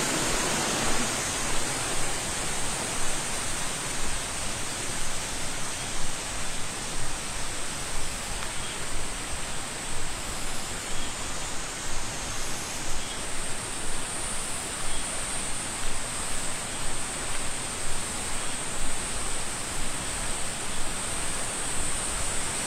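Insects drone in a dense, unbroken high chorus that holds steady for the whole stretch, over a wash of hiss. Soft, even pulses repeat about twice a second, like footsteps on a walk, and the level hardly changes from start to end.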